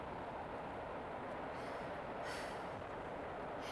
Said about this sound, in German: Dieser Zug kriecht vielleicht. Immer mit der Ruhe. Es ist noch ziemlich weit.